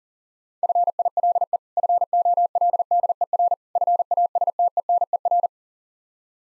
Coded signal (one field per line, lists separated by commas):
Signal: Morse code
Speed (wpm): 40 wpm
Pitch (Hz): 700 Hz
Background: none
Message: FILE FOLDER FASTENER